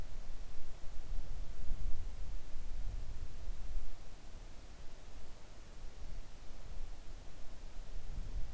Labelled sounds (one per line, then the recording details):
near silence
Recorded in the Arctic National Wildlife Refuge, Alaska, on 3 August 2019 at 05:16
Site 41